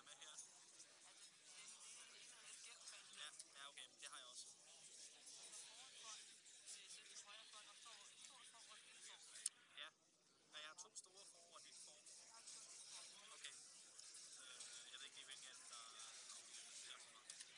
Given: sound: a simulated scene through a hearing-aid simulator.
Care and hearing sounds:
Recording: conversation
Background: cafeteria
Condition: -4 dB SNR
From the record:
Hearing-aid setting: III (slow-acting compression, loudness normalization, advanced features for about 2.5 dB of SNR improvement)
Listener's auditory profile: C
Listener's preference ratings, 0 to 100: 9, 49, 44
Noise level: 65 dB SPL

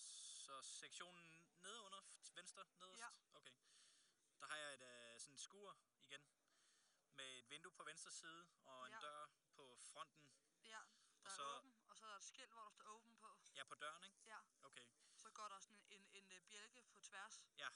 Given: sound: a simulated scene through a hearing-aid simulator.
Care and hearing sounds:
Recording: conversation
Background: quiet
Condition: 65 dB SPL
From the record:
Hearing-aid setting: IV (slow-acting compression, loudness normalization)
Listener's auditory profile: A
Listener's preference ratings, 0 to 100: 85, 78, 90

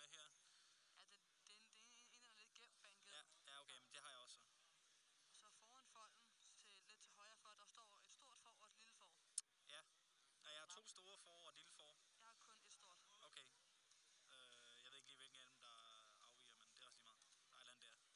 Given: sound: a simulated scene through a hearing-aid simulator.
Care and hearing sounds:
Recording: conversation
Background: quiet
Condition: 55 dB SPL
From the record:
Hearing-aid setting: I (fast-acting compression, audibility-based gain)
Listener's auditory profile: D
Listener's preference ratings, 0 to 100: 35, 40, 53

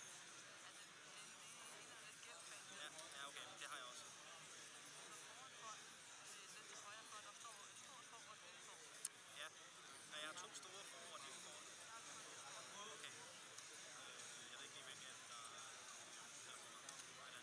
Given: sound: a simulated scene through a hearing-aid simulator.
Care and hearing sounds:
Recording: conversation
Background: cafeteria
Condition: -4 dB SNR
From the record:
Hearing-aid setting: I (fast-acting compression, audibility-based gain)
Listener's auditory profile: C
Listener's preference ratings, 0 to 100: 10, 19, 11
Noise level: 65 dB SPL

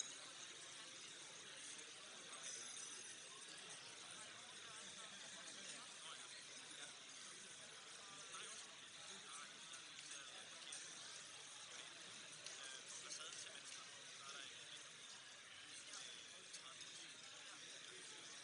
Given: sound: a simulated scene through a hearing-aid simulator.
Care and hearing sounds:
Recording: conversation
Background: cafeteria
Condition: -6 dB SNR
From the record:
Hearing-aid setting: anchor resembling a broken hearing aid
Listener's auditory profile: B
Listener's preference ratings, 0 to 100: 4, 2, 2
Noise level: 65 dB SPL

